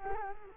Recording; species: mosquito wingbeat signal from an infrared sensor; Culex quinquefasciatus